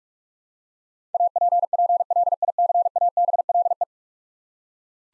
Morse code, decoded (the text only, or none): APPLICABLE